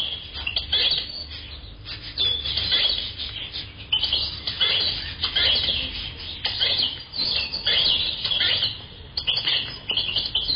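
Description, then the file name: A crowd of birds chirping and twittering continuously in high, scratchy notes over a low background rumble. "uccelli birds"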